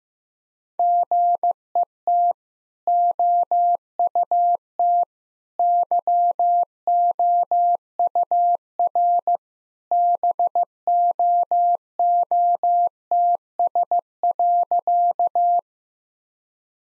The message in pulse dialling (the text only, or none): none